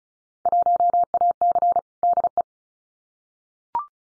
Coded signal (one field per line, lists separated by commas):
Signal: Morse code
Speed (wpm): 36 wpm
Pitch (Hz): 700 Hz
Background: none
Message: 1AC DE